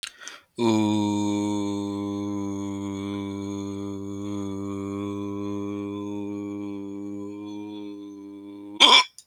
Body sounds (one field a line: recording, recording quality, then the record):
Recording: sustained vowel as in boot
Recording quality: excellent, no background noise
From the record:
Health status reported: healthy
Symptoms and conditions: none ticked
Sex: male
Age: 36 years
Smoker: not ticked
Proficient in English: yes